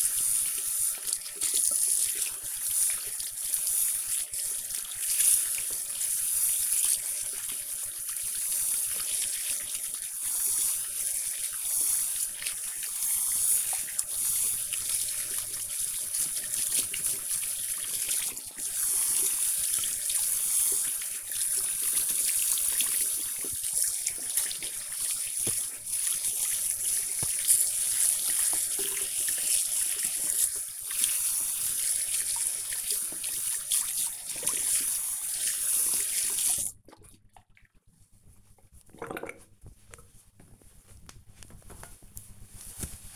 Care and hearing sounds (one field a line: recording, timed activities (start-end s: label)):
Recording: household activities, microphone on the right wrist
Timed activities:
0.00-37.51 s: washing hands